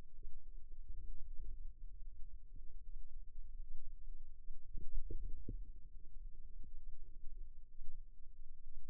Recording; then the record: forearm muscle sounds (acoustic myography)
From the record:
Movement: inward rotation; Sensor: system 2, bracelet of six BSWA MPA416 microphones around the upper forearm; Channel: 5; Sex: female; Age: 22 years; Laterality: right